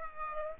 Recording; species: mosquito wingbeat signal from an infrared sensor; Aedes aegypti